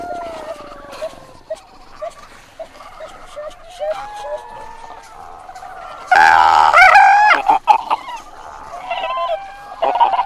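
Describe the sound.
Antarctic fur seal calls: soft tonal whimpers early on, then a sudden loud harsh bawling cry.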